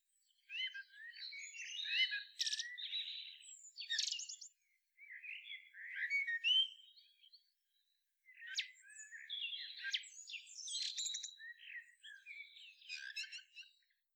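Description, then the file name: Eurasian blackbird giving soft, near-continuous warbling and high twittering in three long runs split by brief pauses. "Turdus merula"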